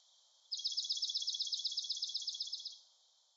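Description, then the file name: Swamp sparrow song: a steady, even trill of rapid, repeated chip-like notes lasting about two seconds, with quiet surroundings before and after. Recorded 13 June 2019; three songs. "2019-06-13 Swamp Sparrow 3 Songs"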